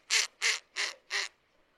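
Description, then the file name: Snowy owl giving four harsh, rasping notes in quick regular succession, then silence. Captive bird at a zoo in Pessac near Bordeaux, France. "Harfang des neiges"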